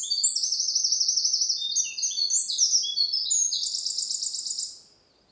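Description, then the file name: Eurasian wren singing a loud, fast, high-pitched song of rattling trills and sharp notes, stopping after about four and a half seconds. "Troglodytes troglodytes"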